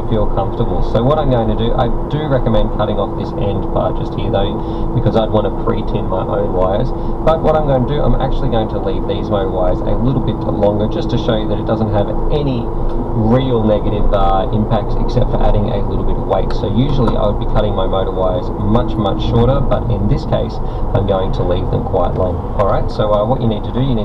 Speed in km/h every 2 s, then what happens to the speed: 56, 55, 55, 55, 53, 53, 58, 58, 60, 48, 40, 31.
0-10 steady at about 55. 10-17 speeds up to 60. 17-24 brakes to 31.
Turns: none.